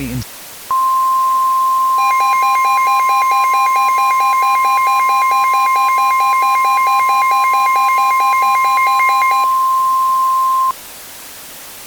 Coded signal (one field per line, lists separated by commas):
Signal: Emergency Alert System (SAME) tones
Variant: 1050 Hz attention tone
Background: speech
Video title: EAS Scenario: Harvey part 2